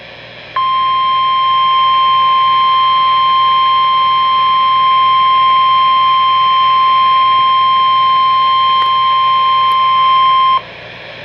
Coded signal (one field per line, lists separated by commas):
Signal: Emergency Alert System (SAME) tones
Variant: 1050 Hz attention tone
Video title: Severe Thunderstorm Watch (EAS #155)